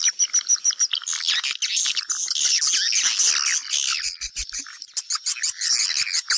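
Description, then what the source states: Swiftlet chirps open with a quick run of short repeated notes, then merge into a thick, buzzy flock chatter before clipped chirps return at the end. Lure sound used to attract swiftlets for nest farming.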